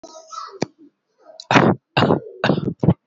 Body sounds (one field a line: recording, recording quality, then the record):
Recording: shallow voluntary cough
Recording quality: excellent, no background noise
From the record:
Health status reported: healthy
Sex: male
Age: 28 years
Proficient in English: yes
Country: India